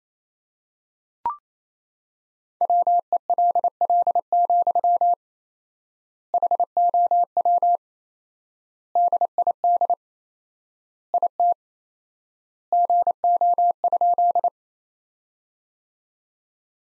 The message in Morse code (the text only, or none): WELL, HOW DID IT GO?